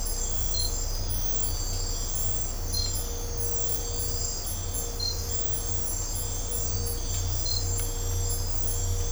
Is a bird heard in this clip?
no